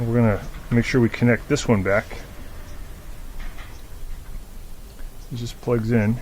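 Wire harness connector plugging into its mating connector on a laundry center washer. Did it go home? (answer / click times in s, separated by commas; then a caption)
no / none. A plastic wire harness connector on a laundry center washer is taken in hand and lined up with its mating connector, ready to be plugged back in. Someone talks over quiet handling noise. Nothing has seated or clicked yet.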